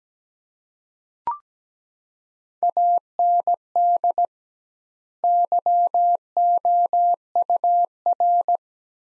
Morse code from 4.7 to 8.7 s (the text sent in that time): YOUR